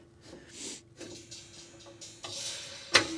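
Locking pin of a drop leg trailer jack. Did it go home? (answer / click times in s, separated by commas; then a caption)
yes / 3.0 s. On a PJ 7x14 14K low-profile dump trailer, the drop-leg jack foot is pushed down and the lever is turned back, with soft scraping and shuffling sounds leading up to a louder rattle. At 3.0 s, the locking pin drops into the nearest hole in the steel drop leg with a sharp metallic clack, locking the jack in place.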